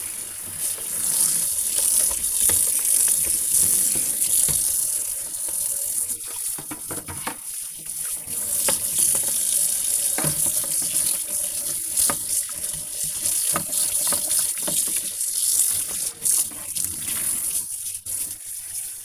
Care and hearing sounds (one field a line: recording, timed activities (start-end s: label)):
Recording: household activities, microphone on the right wrist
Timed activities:
0.00-19.05 s: washing dishes